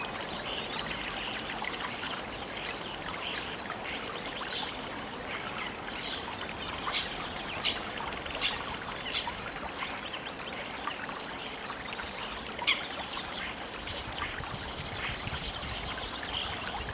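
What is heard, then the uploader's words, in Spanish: Deep in a forest, running water keeps up a steady, dense rush from start to finish. Leaves crackle in short bursts every second or so, and small birds add high, thin chirps, clustering near the end. Baño de bosque | Bosque profundo - Agua corriente, hojas y aves.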